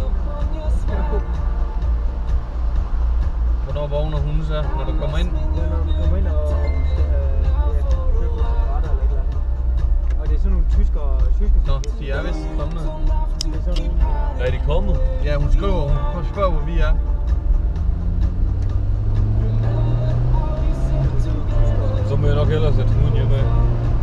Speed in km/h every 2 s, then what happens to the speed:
41, 43, 41, 38, 34, 28, 25, 25, 31, 44, 54, 64.
0-5 steady at about 41. 5-11 slows to 25. 14-24 speeds up to 64.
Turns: 10-16.